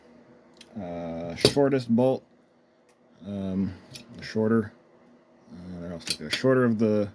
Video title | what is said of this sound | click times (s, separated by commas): How To Remove the Differential From an MST RMX 2.0 RWD Drift RC - Upgrade/Repair - w/ Active Toe | It'll snap into place here, kind of like that. | 0.6 s